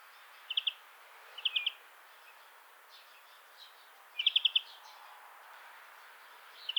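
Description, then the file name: European greenfinch short bursts of two to five rapid chirps, spaced irregularly with quiet gaps between them against a soft background hiss. "Chloris chloris"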